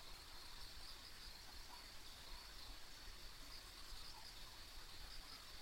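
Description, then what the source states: Insects chorus in a steady high, shimmering band with faint chirping pulses, over a soft low rumble of background noise. Ambient insect sounds on a rural country road.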